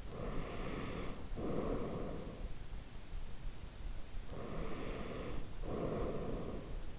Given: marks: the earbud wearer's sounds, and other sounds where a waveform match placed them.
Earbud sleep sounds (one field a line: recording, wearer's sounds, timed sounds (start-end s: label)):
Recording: sounds in sleep by an in-ear microphone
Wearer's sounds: breath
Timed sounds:
0.00-2.61 s: breath
4.27-6.91 s: breath